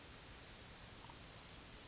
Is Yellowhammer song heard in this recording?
no